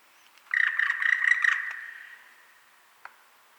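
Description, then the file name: Black woodpecker giving a rapid series of notes for about a second, then trailing off, with one faint short sound near the end. "Dryocopus martius"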